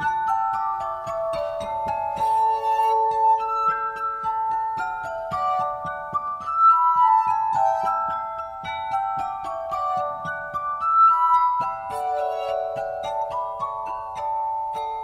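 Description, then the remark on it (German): Sustained, pure ringing tones from a glass harmonica of 26 drinking glasses filled with differing amounts of water, several pitches overlapping in a slow, shimmering melody with soft rubbed attacks; steady moderate volume, no voices. “Er spielt selbst auf einer Glasharmonika, auf 26 mit Wasser unterschiedlich gefüllten Gläsern.”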